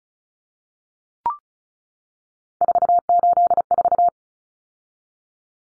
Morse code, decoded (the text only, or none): 484